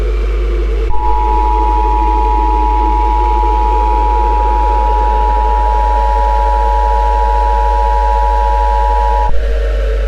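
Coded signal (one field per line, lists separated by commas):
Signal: Emergency Alert System (SAME) tones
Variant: 853 and 960 Hz attention tone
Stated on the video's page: Fictional EAS scenario about latex creatures and bombs.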